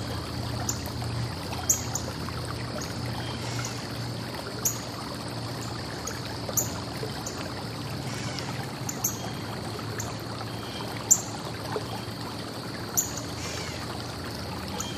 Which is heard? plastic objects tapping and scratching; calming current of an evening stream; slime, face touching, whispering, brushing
calming current of an evening stream